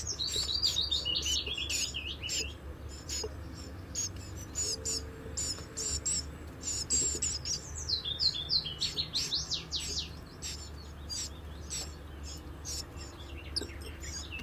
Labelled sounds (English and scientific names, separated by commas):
Common Chiffchaff (Phylloscopus collybita)